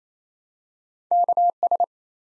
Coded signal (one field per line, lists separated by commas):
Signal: Morse code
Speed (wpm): 28 wpm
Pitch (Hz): 700 Hz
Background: none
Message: KS